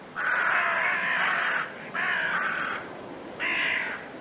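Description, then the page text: Carrion crow giving three raw, drawn-out caws, the first longest, each harsh and hoarse over a background of wind. Five in trees before roosting; blustery force 6 wind; winter; Woodchester Park, Gloucestershire. "A group of five Carrion Crows in the trees, before roosting, during a blustery force 6 wind. Recorded in winter at Woodchester Park, Gloucestershire by Richard Margoschis. British Library"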